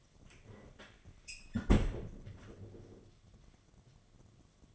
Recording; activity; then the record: daily activity, microphone in the room; close fridge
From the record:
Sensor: 4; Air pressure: 1005.5 hPa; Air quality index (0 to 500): 175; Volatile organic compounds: 5 ppm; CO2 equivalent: 1722 ppm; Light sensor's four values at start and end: 5/10/4/4 and 6/12/5/4